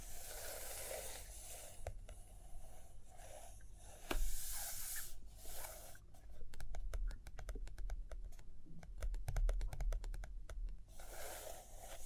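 Pages turn and fingers tap, with soft rustling and scratching through the opening seconds. A page sweeps over around four seconds, then from six to eleven comes a dense run of quick, sharp taps, and a final rustle closes the clip.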